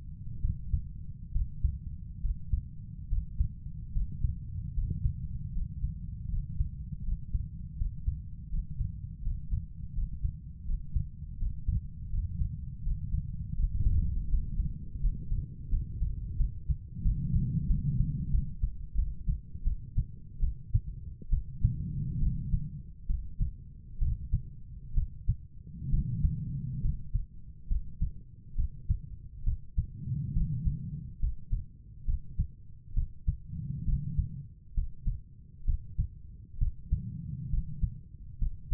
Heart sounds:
heart sounds by stethoscope; 74 bpm
0.39 s: heartbeat
1.31 s: heartbeat
2.20 s: heartbeat
3.07 s: heartbeat
3.91 s: heartbeat
4.73 s: heartbeat
5.51 s: heartbeat
6.28 s: heartbeat
7.02 s: heartbeat
7.75 s: heartbeat
8.48 s: heartbeat
9.21 s: heartbeat
9.92 s: heartbeat
10.64 s: heartbeat
11.36 s: heartbeat
12.09 s: heartbeat
12.81 s: heartbeat
13.54 s: heartbeat
14.27 s: heartbeat
14.99 s: heartbeat
15.69 s: heartbeat
16.36 s: heartbeat
17.02 s: heartbeat
17.66 s: heartbeat
18.30 s: heartbeat
18.94 s: heartbeat
19.63 s: heartbeat
20.39 s: heartbeat
21.29 s: heartbeat
22.19 s: heartbeat
23.06 s: heartbeat
23.98 s: heartbeat
24.94 s: heartbeat
25.90 s: heartbeat
26.81 s: heartbeat
27.67 s: heartbeat
28.55 s: heartbeat
29.44 s: heartbeat
30.33 s: heartbeat
31.19 s: heartbeat
32.05 s: heartbeat
32.93 s: heartbeat
33.85 s: heartbeat
34.74 s: heartbeat
35.64 s: heartbeat
36.58 s: heartbeat
37.49 s: heartbeat
38.38 s: heartbeat
From the record:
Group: healthy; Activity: Valsalva maneuver 0-15 s, rest 15-39 s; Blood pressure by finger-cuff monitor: 103/67 mmHg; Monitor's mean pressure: 80 mmHg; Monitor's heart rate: 68 bpm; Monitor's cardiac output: 6.1 L/min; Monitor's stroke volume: 87 mL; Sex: female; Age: 32 years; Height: 172 cm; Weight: 71.7 kg

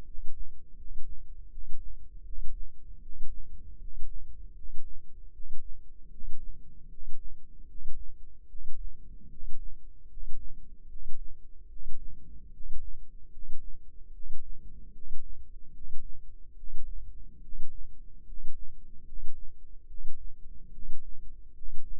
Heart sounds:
heart sounds by microphone in the left ear; 75 bpm
0.03 s: heartbeat
0.75 s: heartbeat
1.48 s: heartbeat
2.23 s: heartbeat
3.00 s: heartbeat
3.77 s: heartbeat
4.53 s: heartbeat
5.31 s: heartbeat
6.09 s: heartbeat
6.87 s: heartbeat
7.65 s: heartbeat
8.46 s: heartbeat
9.27 s: heartbeat
10.06 s: heartbeat
10.87 s: heartbeat
11.67 s: heartbeat
12.50 s: heartbeat
13.29 s: heartbeat
14.11 s: heartbeat
14.91 s: heartbeat
15.71 s: heartbeat
16.54 s: heartbeat
17.39 s: heartbeat
18.24 s: heartbeat
19.03 s: heartbeat
19.85 s: heartbeat
20.69 s: heartbeat
21.52 s: heartbeat
From the record:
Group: healthy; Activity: rest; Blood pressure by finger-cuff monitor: 107/62 mmHg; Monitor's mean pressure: 75 mmHg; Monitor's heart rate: 76 bpm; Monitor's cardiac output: 7.3 L/min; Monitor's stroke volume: 98 mL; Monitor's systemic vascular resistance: 730 dyn s/cm5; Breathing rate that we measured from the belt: 20 breaths a minute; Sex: male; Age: 35 years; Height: 180 cm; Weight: 86.9 kg

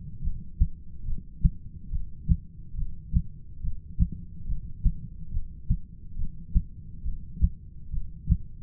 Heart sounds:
heart sounds by stethoscope; 70 bpm
0.24 s: heartbeat
1.07 s: heartbeat
1.92 s: heartbeat
2.77 s: heartbeat
3.63 s: heartbeat
4.48 s: heartbeat
5.33 s: heartbeat
6.18 s: heartbeat
7.05 s: heartbeat
7.93 s: heartbeat
From the record:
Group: heart failure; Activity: rest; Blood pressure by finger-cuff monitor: 113/81 mmHg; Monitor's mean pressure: 94 mmHg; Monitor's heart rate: 71 bpm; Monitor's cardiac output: 7 L/min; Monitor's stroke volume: 99 mL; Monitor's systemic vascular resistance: 990 dyn s/cm5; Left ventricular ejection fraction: 25%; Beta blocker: metoprolol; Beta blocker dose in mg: 62.5 twice daily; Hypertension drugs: ramipril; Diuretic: furosemide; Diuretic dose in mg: 40 twice daily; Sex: male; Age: 57 years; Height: 180 cm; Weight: 90.5 kg

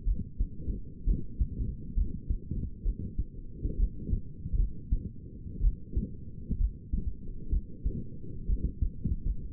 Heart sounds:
heart sounds by stethoscope; 65 bpm
0.05 s: heartbeat
1.05 s: heartbeat
1.95 s: heartbeat
2.83 s: heartbeat
3.78 s: heartbeat
4.57 s: heartbeat
5.62 s: heartbeat
6.59 s: heartbeat
7.51 s: heartbeat
8.47 s: heartbeat
9.25 s: heartbeat
From the record:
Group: healthy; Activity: light exercise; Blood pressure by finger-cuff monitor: 106/61 mmHg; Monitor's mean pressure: 77 mmHg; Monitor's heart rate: 65 bpm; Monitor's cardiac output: 6.1 L/min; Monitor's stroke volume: 95 mL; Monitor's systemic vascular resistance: 920 dyn s/cm5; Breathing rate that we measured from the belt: 30 breaths a minute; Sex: female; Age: 28 years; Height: 170 cm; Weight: 77 kg

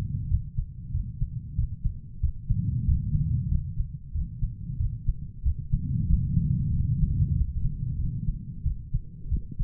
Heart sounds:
heart sounds by stethoscope; 93 bpm
0.28 s: heartbeat
0.92 s: heartbeat
1.56 s: heartbeat
2.20 s: heartbeat
2.85 s: heartbeat
3.49 s: heartbeat
4.12 s: heartbeat
4.77 s: heartbeat
5.43 s: heartbeat
6.07 s: heartbeat
6.71 s: heartbeat
7.33 s: heartbeat
7.97 s: heartbeat
8.63 s: heartbeat
9.29 s: heartbeat
From the record:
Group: healthy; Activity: rest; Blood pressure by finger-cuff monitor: 125/71 mmHg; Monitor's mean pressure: 88 mmHg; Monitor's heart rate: 94 bpm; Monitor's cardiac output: 7 L/min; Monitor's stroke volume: 75 mL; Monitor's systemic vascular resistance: 920 dyn s/cm5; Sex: female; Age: 43 years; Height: 160 cm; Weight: 90 kg

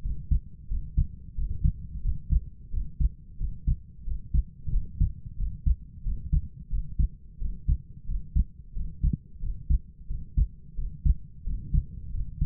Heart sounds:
heart sounds by stethoscope; 89 bpm
0.02 s: heartbeat
0.69 s: heartbeat
1.36 s: heartbeat
2.03 s: heartbeat
2.71 s: heartbeat
3.38 s: heartbeat
4.05 s: heartbeat
4.71 s: heartbeat
5.37 s: heartbeat
6.04 s: heartbeat
6.70 s: heartbeat
7.39 s: heartbeat
8.07 s: heartbeat
8.74 s: heartbeat
9.41 s: heartbeat
10.08 s: heartbeat
10.76 s: heartbeat
11.45 s: heartbeat
12.12 s: heartbeat
From the record:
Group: healthy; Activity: breath hold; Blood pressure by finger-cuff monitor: 93/61 mmHg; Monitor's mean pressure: 71 mmHg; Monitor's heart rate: 90 bpm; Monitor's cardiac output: 6.5 L/min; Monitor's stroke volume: 71 mL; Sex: male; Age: 22 years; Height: 181 cm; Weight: 60 kg

